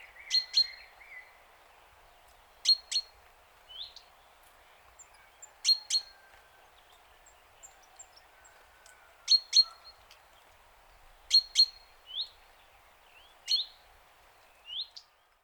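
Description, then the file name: Great tit calls, bright metallic notes in pairs and triplets with a high ringing tone, spaced a few seconds apart over a quiet background. "Parus major"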